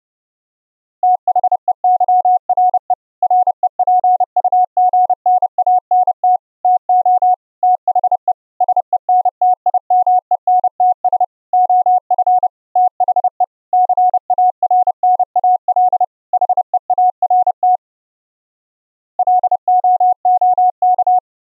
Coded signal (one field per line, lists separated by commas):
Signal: Morse code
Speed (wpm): 30 wpm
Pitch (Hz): 730 Hz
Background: none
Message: THEYRE REPUGNANT TO THE SENTIMENTS OF THE CARNAL HEART LOOK